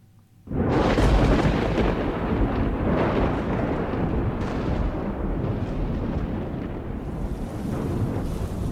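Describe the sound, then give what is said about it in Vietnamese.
A sudden, loud thunderclap from a lightning strike under an overcast sky near An Quý village bursts in from near silence, then rolls on as a heavy, sustained roar and rumble that stays strong to the end, with no voices. “Lúc này ở bên mạn làng An Quý, đột nhiên trên tầng không đang u ám, một tia sét giáng thẳng xuống kèm theo tiếng sấm đến rung chuyển cả đất trời.”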